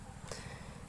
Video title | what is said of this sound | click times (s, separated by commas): Unboxing Tripod 3110 with Razaur Rahman YouTube Channel | यहाँ से आप देखो, ये लॉक हो गई, ये | 0.3 s